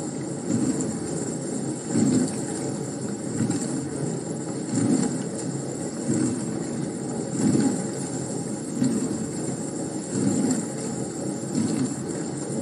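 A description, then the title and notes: A dishwasher runs with a steady low hum and a constant hiss on top. Water swishes in regular pulses about every second and a half, close and even throughout, with no other sounds. ASMR Dishwasher.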